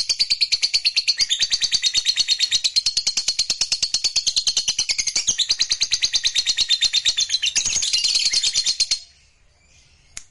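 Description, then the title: Lovebird song, a long run of fast, high, rasping chatter with steady pulsing, stopping abruptly near the end before one last short chirp. Meant to stir a lazy lovebird that is reluctant to sing into singing eagerly and spontaneously. "LOVEBIRD Malas Bunyi JADI GREGET SPONTAN Langsung NARIK"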